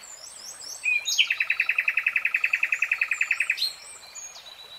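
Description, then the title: Nightingale song: a long, fast rattling trill of many repeated notes, framed by short high whistles and chirps. Three-hour real-time recording of a nightingale singing. "[Tiếng chim hót] Nightingale Singing"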